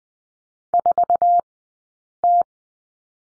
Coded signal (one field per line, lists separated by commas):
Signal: Morse code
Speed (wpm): 20 wpm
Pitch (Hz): 700 Hz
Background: none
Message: 4T